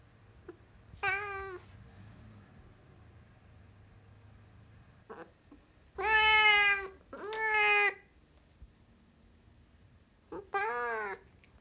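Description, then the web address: Siamese cat meowing, loud drawn-out harmonic yowls given in a few bouts with quiet gaps, over a faint low hum. "BBC Sound Effects Library BBC 44-Cats 62 Siamese Cat Meowing"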